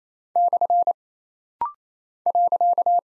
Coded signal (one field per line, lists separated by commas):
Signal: Morse code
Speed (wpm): 28 wpm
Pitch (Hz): 700 Hz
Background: none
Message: / .